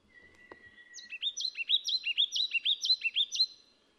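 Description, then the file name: Yellow tit song: a rapid series of several bright, bouncing two-part notes, evenly repeated over a faint thin whistle, with a brief click at the start. "黃山雀"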